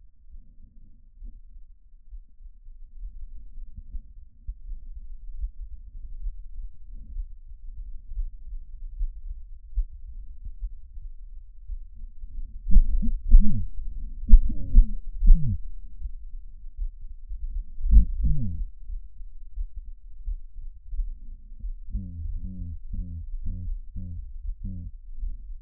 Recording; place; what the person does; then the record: lung sounds by stethoscope; trachea; quiet breathing, then cough and speech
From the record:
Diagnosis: none (healthy); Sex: male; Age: 34 years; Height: 174 cm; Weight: 93 kg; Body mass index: 30.7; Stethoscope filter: bell mode